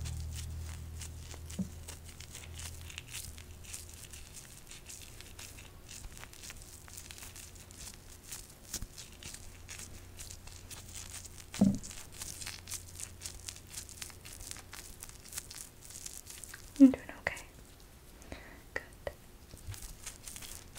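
Up close, a spoolie brush makes soft nibbling, crinkly scratches, fine ticks spread across the clip. A low steady hum runs underneath. Louder taps stand out near 12 and 17 seconds, with faint inaudible whispering mixed into the texture.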